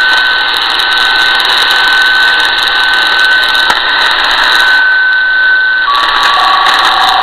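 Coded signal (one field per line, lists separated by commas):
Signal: HF data modem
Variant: Saab Grintek MHF-50 MFSK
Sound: a long steady whistle tone that drops to lower tones, over hissing radio static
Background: radio static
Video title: 4346 kHz South Africa Navy - Saab Grintek MHF-50 MFSK Modem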